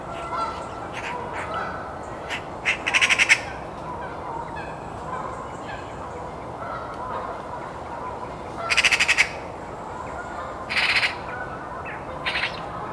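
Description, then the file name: Eurasian magpie giving harsh rattling chatters around three, nine and eleven seconds. "Pica pica"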